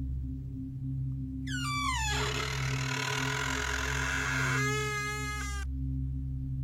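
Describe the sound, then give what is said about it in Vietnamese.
A bedroom door opening: a slow, high-pitched creak that bends downward, turns into a long grinding groan, then ends in a stuttering squeak, all over a low steady hum with no talking. “Tiếng cửa mở cọt kẹt.”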